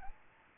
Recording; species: mosquito wingbeat signal from an infrared sensor; Aedes albopictus